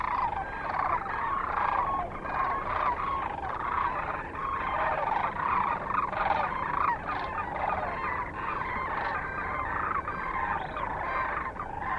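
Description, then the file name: Large gathering of sandhill cranes calling nonstop, a dense rolling chorus with scattered sharper notes throughout. Kearney, Nebraska, 9 March 2004. "2004-03-09 SACRandmore C Kearney NE"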